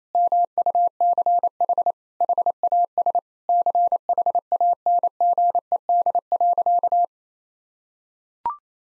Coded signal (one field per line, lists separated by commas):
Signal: Morse code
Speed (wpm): 28 wpm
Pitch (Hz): 700 Hz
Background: none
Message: MUCH HAS CHANGED.